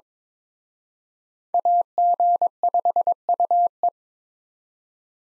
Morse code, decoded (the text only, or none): AG5UE